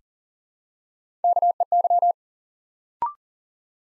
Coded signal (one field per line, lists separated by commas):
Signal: Morse code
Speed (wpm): 38 wpm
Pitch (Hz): 700 Hz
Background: none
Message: KEY